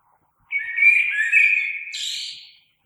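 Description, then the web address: Common blackbird singing one smooth fluty phrase that ends in a brief high thin twitter. Recorded 3 March 2020. "oiseaux Merle 2020 03 03"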